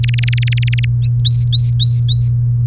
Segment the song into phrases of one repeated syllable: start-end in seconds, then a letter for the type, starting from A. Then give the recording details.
0.03-0.85 A, 1.02-2.30 B. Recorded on 3 May 2018 at 05:41. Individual llb3